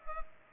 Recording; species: mosquito wingbeat signal from an infrared sensor; Culex pipiens